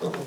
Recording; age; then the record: pig call; piglet (1 to 25 days)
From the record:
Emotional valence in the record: positive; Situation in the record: huddling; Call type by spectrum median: low-frequency call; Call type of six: low-frequency stable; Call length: 0.27 s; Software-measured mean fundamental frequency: 56 Hz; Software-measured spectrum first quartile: 350 Hz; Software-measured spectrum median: 537 Hz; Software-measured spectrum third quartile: 1403 Hz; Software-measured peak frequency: 446 Hz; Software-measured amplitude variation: 136 dB a second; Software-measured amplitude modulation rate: 12.8 a second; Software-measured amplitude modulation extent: 10.6 dB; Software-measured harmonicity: 1.5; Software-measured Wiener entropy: -1.20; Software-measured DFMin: 685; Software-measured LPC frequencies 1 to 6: 466, 1121, 1787, 2627, 3592, 4790 Hz